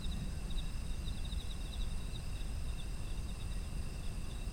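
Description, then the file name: Autumn insects sing steady high tones with short, scattered pulsed chirps; a low continuous rumble runs underneath. Ambient sound of autumn insects. "秋の虫の環境音"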